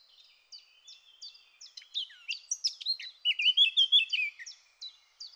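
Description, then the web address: Eurasian blackcap song: quiet chattering and evenly spaced high ticks build into a bright, whistled, wavering flourish near the middle. "SETE data Sylvia atricapilla"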